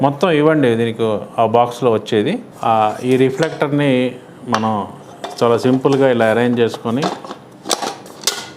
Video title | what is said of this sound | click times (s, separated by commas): Godox SL60W LED Video Light Telugu Review | ఇది lock పెడితే ఈ విధంగా లాక్ అవుతుంది. | 8.3 s